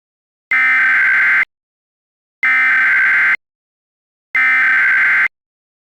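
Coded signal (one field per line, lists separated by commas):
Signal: Emergency Alert System (SAME) tones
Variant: header bursts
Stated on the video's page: Fictional EAS mock made with macros to look and sound realistic.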